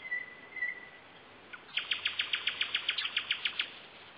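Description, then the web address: Common nightingale song: a soft drawn-out whistle, then a rapid even series of many loud repeated notes, over background hiss. Singing in May 2007 at the mouth of the Salanka river. "rossignol-chant-du-rossignol-en-mai-2007-a-lembouchure-de-la-riviere-salanka"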